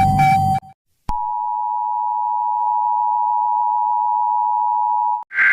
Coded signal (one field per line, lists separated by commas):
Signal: Emergency Alert System (SAME) tones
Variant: 853 and 960 Hz attention tone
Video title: Rating EAS Alarms Part 22: The Saga Isnt Done Yet!